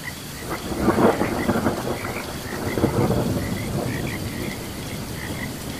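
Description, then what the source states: Frogs chirping in repeated short notes over heavy rain, with bursts of thunder. Chirping during a thunderstorm.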